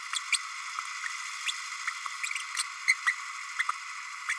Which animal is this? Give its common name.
Green-rumped Parrotlet